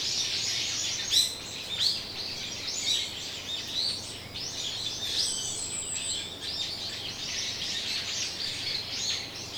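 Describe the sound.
Bird calls: a dense, continuous chorus of high chirps and twitters, with louder accents near one and two seconds and a steady faint hum underneath.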